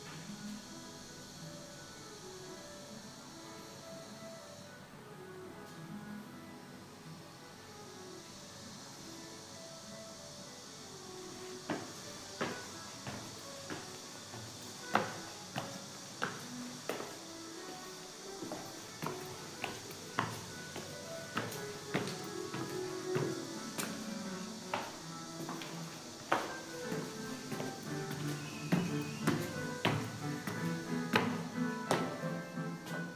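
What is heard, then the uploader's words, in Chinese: Muffled piano practice comes through from the floor above, soft and indistinct over a steady room hum. Around eleven seconds sharp knocks and taps start, irregular at first, then more frequent and louder toward the end, with the notes faintly underneath. 录音-楼上钢琴练习。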